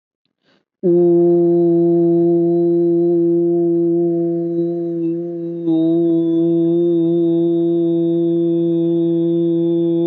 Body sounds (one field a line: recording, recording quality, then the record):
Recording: sustained vowel as in boot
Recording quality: excellent, no background noise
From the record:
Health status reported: COVID-19 positive, mild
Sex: male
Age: 24 years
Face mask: not worn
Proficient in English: yes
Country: India